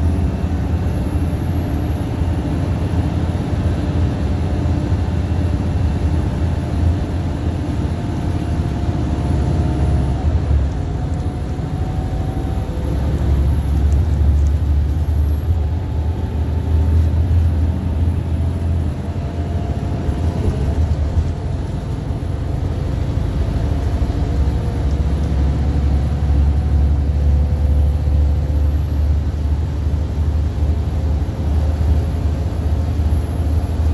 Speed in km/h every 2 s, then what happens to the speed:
45, 47, 48, 47, 47, 47, 52, 56, 60, 63, 64, 69, 71, 72, 76, 77, 77.
0-11 steady at about 47. 11-34 speeds up to 77.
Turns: 0-6.